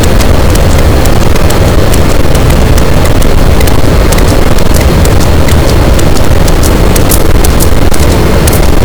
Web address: Pm BP Physeter Macrocephalus boat SNR 18 d B cachalot positif